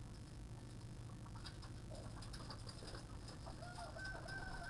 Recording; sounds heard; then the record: poultry house recording; healthy chickens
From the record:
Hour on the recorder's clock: 12